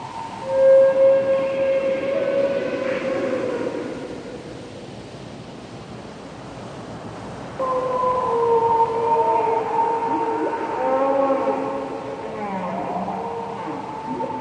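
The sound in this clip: Whale song: a steady tonal moan at the start, a pause, then overlapping long whistled and moaning tones that bend up and down.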